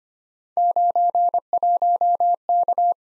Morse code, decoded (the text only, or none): 91K